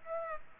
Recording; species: mosquito wingbeat signal from an infrared sensor; Aedes aegypti